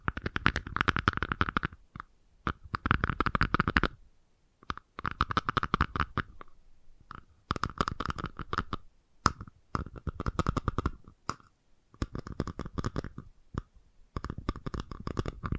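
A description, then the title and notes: Fast tapping in dense, rapid bursts of a second or two, with a hollow ringing tone, broken by short silent pauses throughout. FAST TAPPING (No Talking).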